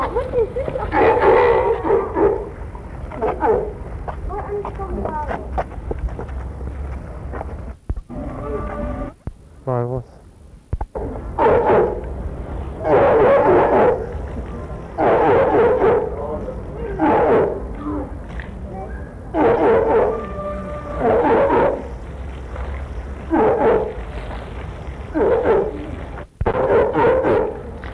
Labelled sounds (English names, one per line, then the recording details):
Walrus call
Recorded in captivity
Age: subadult
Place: Zoo Hannover, Niedersachsen, DE
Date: 1961-08-07 18:25
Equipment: Minifon, Kopie Smaragd
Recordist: Tembrock, Günter